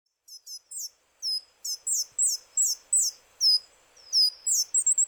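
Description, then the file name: Coal tit: high, thin, sharply downslurred notes in a loose irregular string, ending in a quicker cluster. Okayama, Japan, 18 May 2016. "higara okayama kaji"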